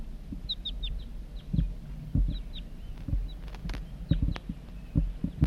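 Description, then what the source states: Crossbill flight calls: short down-slurred notes in a quick cluster of a few, then several more scattered, over low thumping handling noise. Juvenile, calling in flight.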